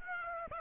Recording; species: mosquito wingbeat signal from an infrared sensor; Aedes aegypti